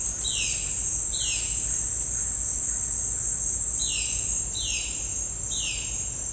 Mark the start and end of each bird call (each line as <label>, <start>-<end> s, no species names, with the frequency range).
bird call (1.8-5.6 kHz), 0.00-1.88 s
bird call (2.1-4.6 kHz), 3.74-5.98 s